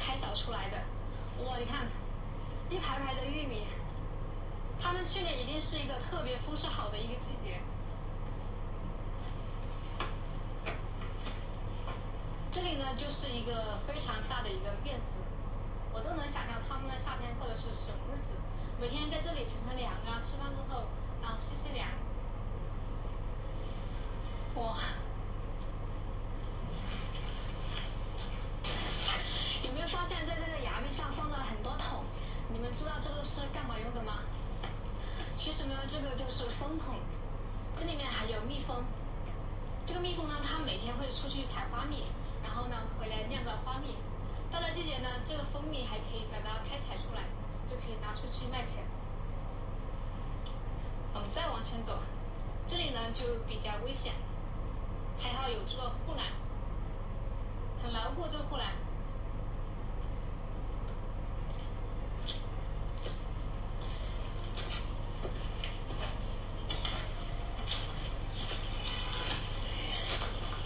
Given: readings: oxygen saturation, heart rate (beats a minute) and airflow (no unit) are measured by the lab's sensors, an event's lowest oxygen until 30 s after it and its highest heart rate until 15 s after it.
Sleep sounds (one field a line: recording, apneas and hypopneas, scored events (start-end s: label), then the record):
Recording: a person awake in a sleep study, by a smartphone at the bedside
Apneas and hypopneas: none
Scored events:
0.00-70.66 s: awake
From the record:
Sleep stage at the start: awake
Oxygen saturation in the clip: 93 to 94%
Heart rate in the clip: 58 to 69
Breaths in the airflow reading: 23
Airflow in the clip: -7.9 to 5.9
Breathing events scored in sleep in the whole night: 476 in 9.7 hours asleep